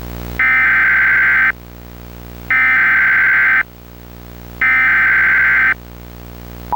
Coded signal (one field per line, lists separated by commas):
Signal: Emergency Alert System (SAME) tones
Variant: header bursts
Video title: EAS: Countryballs Redux - Part 1